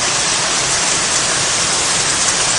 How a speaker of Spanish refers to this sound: Atención, porque relámpago impresionante ahora mismo, diluviando. Ahí tienen el trueno.